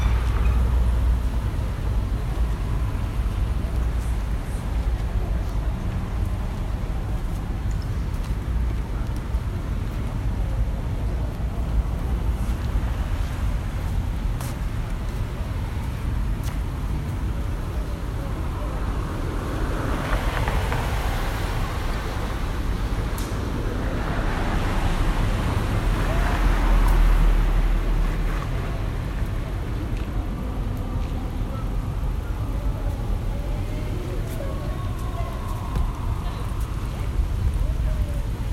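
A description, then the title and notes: At Tokyo Olympic Stadium in Shinjuku, a steady low traffic rumble persists, swelling louder between about twenty and twenty-eight seconds, with faint voices. Tokyo Olympic Stadium (Day Opening). Field-recorded at Tokyo Olympic Stadium, Shinjuku. An arranged ambient track by kaolu_euphony from the sound materials field-recorded at several places in Tokyo.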